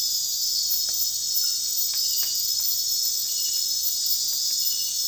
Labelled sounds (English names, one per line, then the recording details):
none
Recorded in dense forest near Puerto Asís, Putumayo, Colombia, on 18 February 2024 at 02:30
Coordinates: 0.496, -76.326
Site G6383